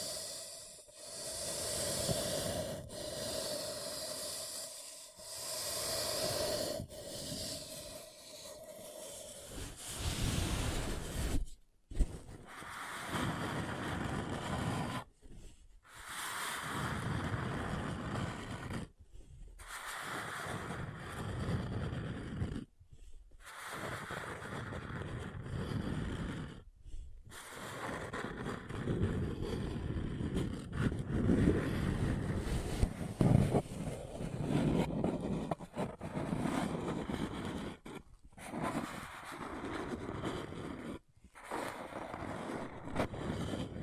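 A paper cup is handled and rubbed in dense, scratchy crinkling that fills most of the clip, broken by short silent gaps every three to four seconds after the ten-second mark. During the first ten seconds a faint steady hum runs underneath.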